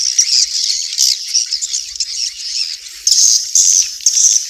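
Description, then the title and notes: Swiftlet twittering, high shrill chirps in an unbroken flow, with three louder thin whistled notes near the end. Asia; recording used in swiftlet farming. "Swiflet Bird Sound. Farming Swiflet Bird asia"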